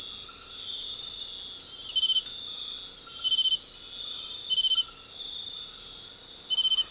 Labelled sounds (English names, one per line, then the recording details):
none
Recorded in dense forest near Puerto Asís, Putumayo, Colombia, on 20 February 2024 at 20:00
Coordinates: 0.500, -76.322
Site G6465